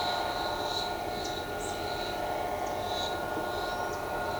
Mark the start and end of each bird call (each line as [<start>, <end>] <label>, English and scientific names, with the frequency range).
[1.58, 1.76] Blue-black Grassquit (Volatinia jacarina) (4.5-10.1 kHz)